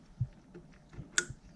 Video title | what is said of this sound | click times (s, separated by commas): 2015 Mustang GT P0308 P0301 misfire | hear a click and then you push the red clip up and | 1.2 s